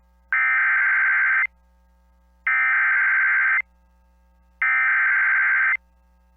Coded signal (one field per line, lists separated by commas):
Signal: Emergency Alert System (SAME) tones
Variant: header bursts